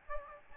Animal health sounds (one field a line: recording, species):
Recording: mosquito wingbeat signal from an infrared sensor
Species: Aedes albopictus